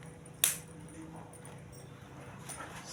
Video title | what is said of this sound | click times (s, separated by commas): MESIN CUCI MOTOR PORTABLE #cucimotor #familyvlog #review #alat #portable #mesin #cleaner #fypシ #fyp | sampai ada bunyi tek. | 0.4 s